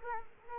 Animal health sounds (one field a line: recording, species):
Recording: mosquito wingbeat signal from an infrared sensor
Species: Culex quinquefasciatus